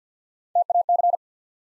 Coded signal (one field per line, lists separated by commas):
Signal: Morse code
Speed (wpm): 50 wpm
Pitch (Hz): 700 Hz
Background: none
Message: TAC